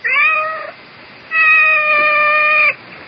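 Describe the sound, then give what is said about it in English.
A female cat meows twice, a short call followed by a longer drawn-out one, both loud and clearly pitched with strong harmonics, with no talking. “I seem to have this cat. She wandered in one day and simply stayed.”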